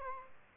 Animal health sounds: mosquito wingbeat signal from an infrared sensor; Aedes albopictus

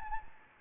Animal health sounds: mosquito wingbeat signal from an infrared sensor; Anopheles gambiae

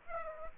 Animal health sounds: mosquito wingbeat signal from an infrared sensor; Aedes aegypti

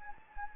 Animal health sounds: mosquito wingbeat signal from an infrared sensor; Anopheles gambiae

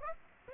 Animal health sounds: mosquito wingbeat signal from an infrared sensor; Aedes aegypti

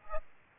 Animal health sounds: mosquito wingbeat signal from an infrared sensor; Aedes aegypti

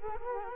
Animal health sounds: mosquito wingbeat signal from an infrared sensor; Culex quinquefasciatus

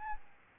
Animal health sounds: mosquito wingbeat signal from an infrared sensor; Aedes albopictus

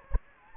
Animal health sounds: mosquito wingbeat signal from an infrared sensor; Anopheles gambiae

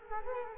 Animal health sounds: mosquito wingbeat signal from an infrared sensor; Culex quinquefasciatus

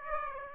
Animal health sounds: mosquito wingbeat signal from an infrared sensor; Aedes aegypti

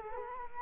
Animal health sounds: mosquito wingbeat signal from an infrared sensor; Culex quinquefasciatus

